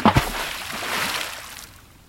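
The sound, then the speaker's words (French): A tied sack filled with large stones is thrown into a deep spot of a river, hitting the water with one deep, sudden splash, followed by a rushing wash of water that slowly fades to quiet over a couple of seconds. “Arrivé au bord de la rivière, il remplit le sac de grosses pierres, le lia solidement et le jeta dans un endroit profond.”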